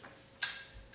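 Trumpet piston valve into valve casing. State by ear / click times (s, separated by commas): seated / 0.4 s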